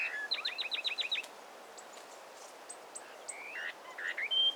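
Peruvian wren: bird calls: a fast series of short hooked notes, then sparse high ticks and a few brief whistled phrases over steady hiss.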